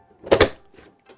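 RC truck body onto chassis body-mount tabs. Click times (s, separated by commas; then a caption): 0.3 s, 1.0 s, 1.1 s. The plastic body of a Traxxas TRX-4 2021 Bronco scale RC truck is lined up over the chassis and pushed down until its four tab mounts snap into place. A sharp double snap lands at 0.3 s, followed by fainter clicks at 1.0 and 1.1 s. The body ends up securely seated on the chassis.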